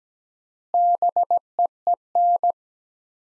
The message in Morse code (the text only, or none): BEEN